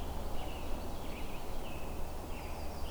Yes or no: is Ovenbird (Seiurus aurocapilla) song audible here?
no